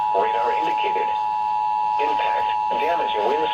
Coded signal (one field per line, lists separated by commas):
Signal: Emergency Alert System (SAME) tones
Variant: 853 and 960 Hz attention tone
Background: speech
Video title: SVR EAS#(15&16)